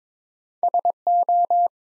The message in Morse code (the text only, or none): SO